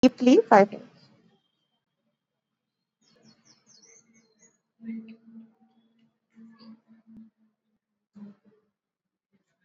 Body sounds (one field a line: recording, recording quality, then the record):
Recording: deep breathing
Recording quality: poor, much background noise or distortion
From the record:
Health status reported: exposed to COVID-19, no respiratory illness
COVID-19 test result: not tested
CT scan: not taken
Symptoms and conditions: cold, fever, another respiratory illness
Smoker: yes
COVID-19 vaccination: both doses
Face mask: worn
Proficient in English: yes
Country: India